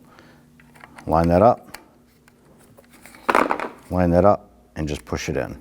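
A new plastic interior door handle for a 2010-2019 Ford Taurus is lined up with its opening in the door trim panel and handled while someone talks. Faint taps and a few sharp clicks of plastic handling are heard between the speech. Nothing has seated or snapped into place yet.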